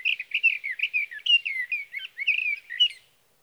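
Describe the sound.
Sage thrasher in full song, a fast stream of warbled, slurred whistles running for about three seconds before stopping; nothing else audible.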